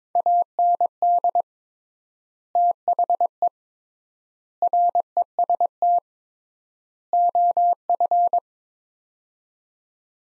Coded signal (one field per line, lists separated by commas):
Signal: Morse code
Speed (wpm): 22 wpm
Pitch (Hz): 700 Hz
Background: none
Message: AND THE REST OF